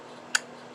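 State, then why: Seated. An internal part is fitted into the housing of a Western Auto Supply Co Revelation No. V1326 automatic fly reel during reassembly. A single sharp click sounds at 0.4 s over a faint steady background. The part seats correctly into place.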